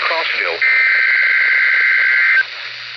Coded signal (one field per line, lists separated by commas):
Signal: Emergency Alert System (SAME) tones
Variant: header bursts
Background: speech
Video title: Child Abduction Emergency on WXK47 - 11/8/18 (EAS #1,923)